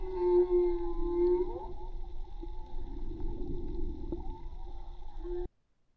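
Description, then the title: Whale song: a sustained low moan with harmonics, then a quick rising sweep and softer wavering tones, underwater rumble throughout before the sound cuts off. Recorded with a hydrophone from a boat at Tribugá; hydrophone listening offered as low-disturbance alternative to approaching whales with motorboats. "CANTO DE BALLENAS HIDROFONO MAGMA TRIBUGA J BARCO"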